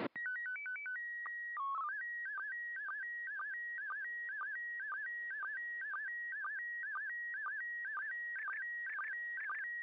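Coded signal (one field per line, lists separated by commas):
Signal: SSTV (slow-scan television)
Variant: PD 120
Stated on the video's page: ISS slow scan television transmitted on 145.800 MHz, recorded with Audacity.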